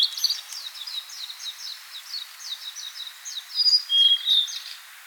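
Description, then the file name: Blue-and-white flycatcher song: an even series of quick, high downslurred notes ending in a louder whistled flourish. "Cyanoptila cyanomelana"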